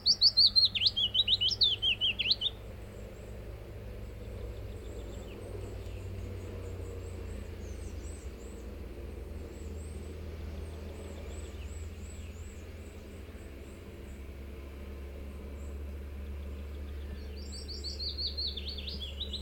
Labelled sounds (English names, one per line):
Willow Warbler